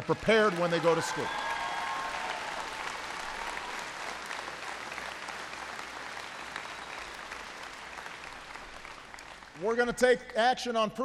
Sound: applause

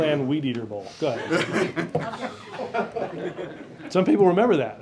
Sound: laughter

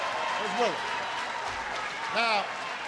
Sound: applause

